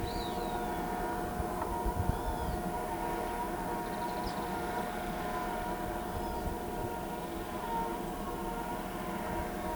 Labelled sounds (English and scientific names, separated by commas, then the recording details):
none
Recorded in pastures near Pivijay, Magdalena, Colombia, on 16 April 2023 at 17:30
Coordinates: 10.456, -74.369
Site P6-G026